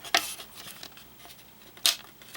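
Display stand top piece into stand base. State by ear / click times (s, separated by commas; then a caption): seated / 1.9 s. The plastic top pieces of the display stand for a Dragon Models Avengers 2 Captain America 1:9 Action Hero Vignette Statue are pressed onto the bottom part of the stand. A sharp crackling burst at 0.2 s is followed by faint light taps, then a loud, bright snap at 1.9 s as the pieces seat into place.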